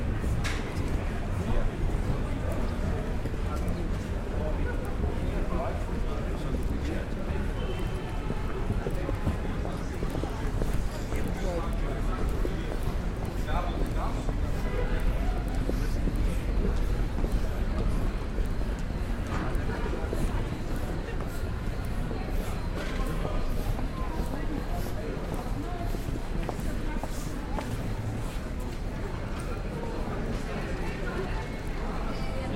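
Busy Saturday-night streets of London's Soho, with a steady, dense wash of many overlapping voices and crowd chatter. Footsteps and small sharp clicks and knocks pop up throughout. A low rumble, likely traffic, runs underneath at an even level the whole time.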